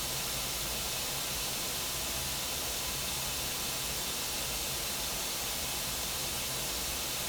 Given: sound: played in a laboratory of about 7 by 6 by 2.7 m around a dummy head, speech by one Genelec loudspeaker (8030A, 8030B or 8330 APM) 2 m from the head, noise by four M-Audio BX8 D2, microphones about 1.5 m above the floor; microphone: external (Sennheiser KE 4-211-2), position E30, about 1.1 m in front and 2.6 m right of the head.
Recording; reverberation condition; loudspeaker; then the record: white noise; low; four, about 170 cm from the corners of the room and facing them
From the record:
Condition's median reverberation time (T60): about 310 ms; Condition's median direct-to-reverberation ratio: about 3.5 dB